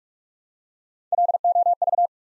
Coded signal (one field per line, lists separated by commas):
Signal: Morse code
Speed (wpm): 45 wpm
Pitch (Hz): 700 Hz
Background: none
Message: LOV